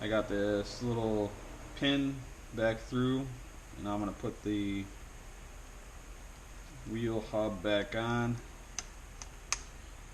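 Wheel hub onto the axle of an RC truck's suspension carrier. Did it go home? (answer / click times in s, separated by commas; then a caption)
yes / 9.5 s. Someone talks while pushing a plastic wheel hub back onto the axle pin of a Traxxas Slash 4x4 RC truck's suspension carrier. A few sharp, short ticks follow near 8.8 s and 9.2 s, and the loudest click at 9.5 s marks the hub clicking into place. The hub is seated and seems okay.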